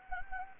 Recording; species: mosquito wingbeat signal from an infrared sensor; Anopheles gambiae